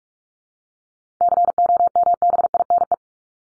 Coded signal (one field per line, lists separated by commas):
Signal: Morse code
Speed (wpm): 44 wpm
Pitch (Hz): 700 Hz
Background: none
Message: COMBINE